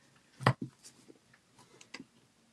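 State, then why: Seated. A painted wooden shelf-sitter cutout is pushed onto the three small tabs of its base and snaps into place with a sharp click at 0.5 s. A second, quieter tap follows at about 2.0 s, and the piece is seated.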